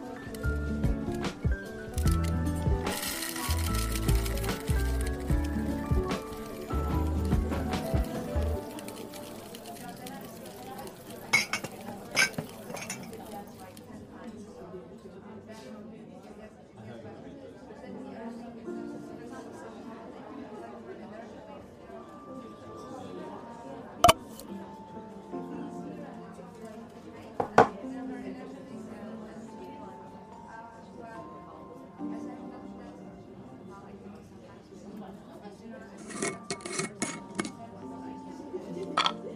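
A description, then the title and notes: Coffee shop ambience with a steady murmur of overlapping voices and chatter throughout. The first eight seconds carry a louder, busier burst of low rumbling activity, then it settles into conversation with sharp clinks of cups or dishes around 24, 28 and 36 seconds. Coffee shop ambience | cozy cafe. เสียงบรรยากาศสบายๆ ในร้านกาแฟ.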